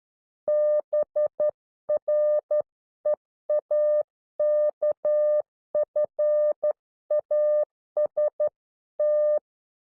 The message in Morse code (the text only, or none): BREAKFAST